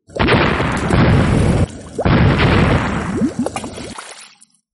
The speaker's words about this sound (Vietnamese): Nước biển phạm vi mấy trăm dặm quanh đó bắt đầu sóng dậy, trên mặt biển xuất hiện vô số vòng xoáy lớn nhỏ va chạm vào nhau, tạo ra những tiếng nổ lớn.